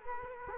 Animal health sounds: mosquito wingbeat signal from an infrared sensor; Culex quinquefasciatus

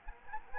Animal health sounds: mosquito wingbeat signal from an infrared sensor; Anopheles gambiae

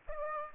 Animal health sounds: mosquito wingbeat signal from an infrared sensor; Aedes aegypti

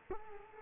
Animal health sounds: mosquito wingbeat signal from an infrared sensor; Culex quinquefasciatus

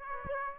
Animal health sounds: mosquito wingbeat signal from an infrared sensor; Aedes aegypti

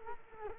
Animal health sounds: mosquito wingbeat signal from an infrared sensor; Culex quinquefasciatus

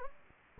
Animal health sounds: mosquito wingbeat signal from an infrared sensor; Anopheles gambiae

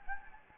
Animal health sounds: mosquito wingbeat signal from an infrared sensor; Anopheles gambiae

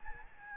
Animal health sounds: mosquito wingbeat signal from an infrared sensor; Aedes albopictus

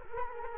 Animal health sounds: mosquito wingbeat signal from an infrared sensor; Culex quinquefasciatus

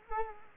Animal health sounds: mosquito wingbeat signal from an infrared sensor; Culex quinquefasciatus

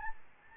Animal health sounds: mosquito wingbeat signal from an infrared sensor; Aedes albopictus

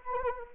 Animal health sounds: mosquito wingbeat signal from an infrared sensor; Anopheles arabiensis

